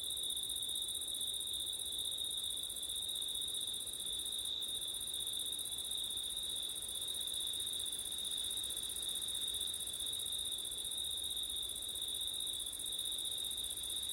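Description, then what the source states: Cricket chorus of unbroken high trills at two steady pitches, with soft background hiss; the upper band drops out briefly partway through. Crickets recorded on a windy September night.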